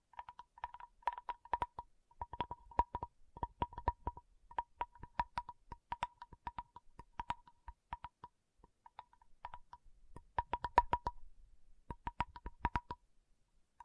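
Sharp tapping runs through the whole stretch, quick clusters of crisp clicks with short pauses between bursts. A faint steady high tone sits under the taps, broken up in short pieces, and the densest flurries come around the eleventh and twelfth seconds.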